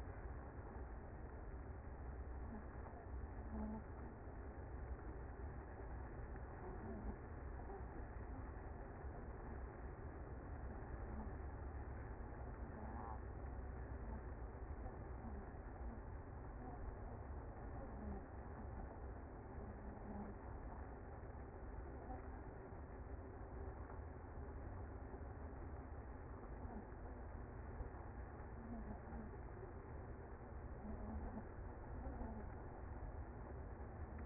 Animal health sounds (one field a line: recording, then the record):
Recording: honeybee colony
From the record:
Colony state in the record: active